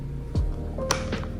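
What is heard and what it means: A plastic body shell is pressed down onto the chassis of a 1/10 scale Hot Wheels R/C Batmobile (The Original Batmobile), with a low thud near 0.4 s over steady background tones. A sharp body clip click snaps in at 0.9 s, followed by a faint tap around 1.2 s. The clip is confirmed seated.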